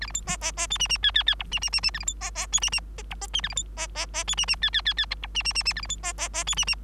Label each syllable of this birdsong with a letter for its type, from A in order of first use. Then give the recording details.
A B C D D D E F F G G G H F F F F A B C D D E F F D H D F A B C D D D E F F G G G G H F F F F A B C D D D E F F. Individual Bird3